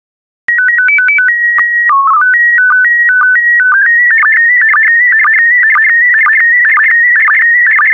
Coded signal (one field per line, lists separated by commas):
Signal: SSTV (slow-scan television)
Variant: PD 120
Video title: 26023 Lakes and Rivers SSTV PD120